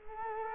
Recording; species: mosquito wingbeat signal from an infrared sensor; Culex quinquefasciatus